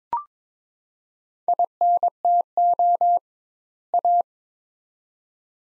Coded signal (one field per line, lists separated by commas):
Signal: Morse code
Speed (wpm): 22 wpm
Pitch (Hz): 700 Hz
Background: none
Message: INTO A